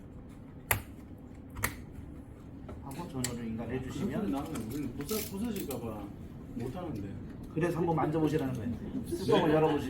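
A RAM module that had been left only partly inserted is pulled out and reseated into a motherboard DIMM slot, with sharp snaps at 0.7 s and 1.7 s as it seats. Someone talks afterward.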